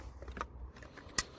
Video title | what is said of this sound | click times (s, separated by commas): 5.45x39 BHO AC Unity mag review and testing. | audible click nice fit near really good no complaints fits | 1.2 s